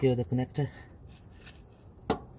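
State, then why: Seated. Someone talks briefly as the electrical connector of a new rear right-hand ABS wheel-speed sensor on a Nissan Qashqai, replaced because it was faulty and showing fault code C1101-00, is pushed onto its plastic wiring harness plug. After a quiet pause, one sharp click is heard at 2.1 s as the connector seats.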